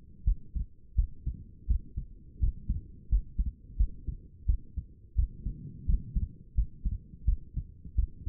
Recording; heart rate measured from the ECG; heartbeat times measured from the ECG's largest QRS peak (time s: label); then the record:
heart sounds by stethoscope; 86 bpm
0.25 s: heartbeat
0.96 s: heartbeat
1.67 s: heartbeat
2.40 s: heartbeat
3.09 s: heartbeat
3.77 s: heartbeat
4.46 s: heartbeat
5.16 s: heartbeat
5.86 s: heartbeat
6.55 s: heartbeat
7.25 s: heartbeat
7.96 s: heartbeat
From the record:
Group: healthy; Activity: rest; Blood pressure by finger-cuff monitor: 114/72 mmHg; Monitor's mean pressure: 86 mmHg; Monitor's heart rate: 86 bpm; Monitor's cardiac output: 6.4 L/min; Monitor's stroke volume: 75 mL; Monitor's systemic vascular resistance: 970 dyn s/cm5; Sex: female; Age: 37 years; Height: 168 cm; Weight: 70 kg